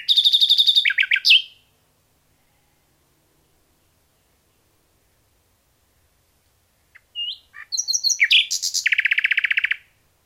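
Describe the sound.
Common nightingale song in two phrases separated by a long pause, each mixing rapid buzzy trills, sharp sweeps and a fast repeated chattering run.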